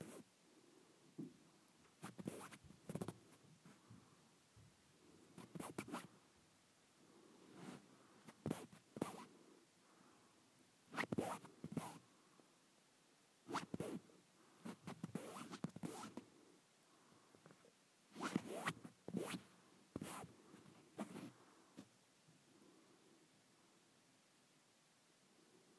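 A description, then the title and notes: Fabric is handled in bursts of rustling and scratchy rubbing, with sharp zip-like swipes recurring every second or two across the clip. The sounds are bright and crisp, separated by brief quiet gaps, and a soft low murmur sits underneath. ASMR Satisfying Fabric.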